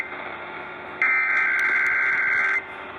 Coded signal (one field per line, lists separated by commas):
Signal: Emergency Alert System (SAME) tones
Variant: header bursts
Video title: The Elite Traveler is here! Required Weekly Test on KDKA-AM 1020 (EAS #52)